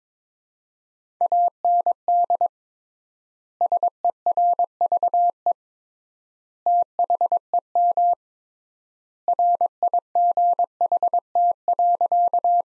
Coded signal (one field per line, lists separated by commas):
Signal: Morse code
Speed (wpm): 22 wpm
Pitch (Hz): 700 Hz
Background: none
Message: AND SERVE THEM RIGHT.